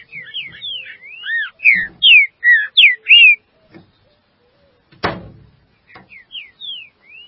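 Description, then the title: Green-winged saltator song, a run of whistled notes, then five loud clear whistles, one sharp knock, and a few softer whistles at the end. "Trinca Ferro"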